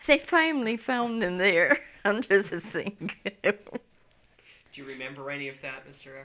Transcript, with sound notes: They finally found him there under the sink. (she laughs)
Do you remember any of that, Mr.